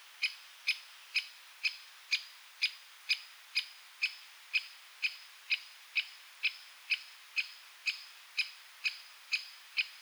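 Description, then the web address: Great spotted woodpecker giving sharp, high 'kik' calls, about two each second in a steady series for ten seconds, with a faint hiss behind. "Aktivitetsbanken. Fuglelyder Flaggspett"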